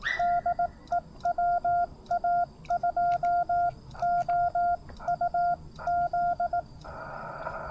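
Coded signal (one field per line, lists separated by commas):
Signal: Morse code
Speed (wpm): 18 wpm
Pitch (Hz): 700 Hz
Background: none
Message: DE WA2OUZ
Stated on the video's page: Parks on the Air activation, worked in CW and SSB.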